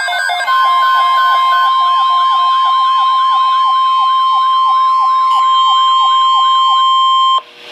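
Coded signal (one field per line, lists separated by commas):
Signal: Emergency Alert System (SAME) tones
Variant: 1050 Hz attention tone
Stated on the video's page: Severe thunderstorm watch on NOAA weather radio.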